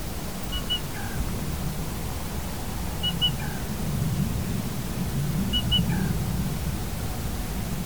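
Black rail calls, a quick high doubled note followed by a lower slurred note, repeated about every two and a half seconds over a steady low rumbling background.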